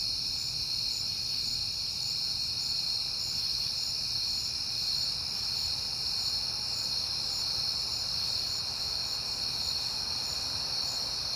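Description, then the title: Crickets chirp in a high, steady, pulsing chorus while a passing car's rumble rises softly toward the end. Recorded outdoors at night in September on a peaceful night, with passing cars. "Night Time: Crickets and Passing Cars"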